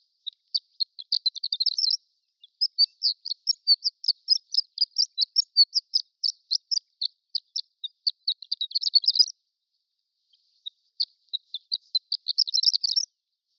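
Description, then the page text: Horned lark in extended twittering, a long run of high, sparkling notes with fast jumbled flurries, a brief gap, then the tinkling resumes. Prairie subspecies; extended twittering. "Prairie Horned Lark Extended Twittering. Quick Sounds library"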